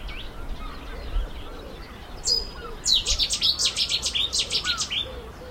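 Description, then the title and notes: Cetti's warbler song, an abrupt explosive run of loud, rapidly repeated notes for about two seconds, following quieter chatter and calls of other birds. Resident bird at the Castle Water viewpoint, in the morning as stormy weather calmed; second loud burst song at 1 min 10 sec. "Willow and Cettis Warblers. the loud burst of the resident Cettis warbler sounded out at 5 sec and again at 1 min 10sec. The viewpoint at Castle Water"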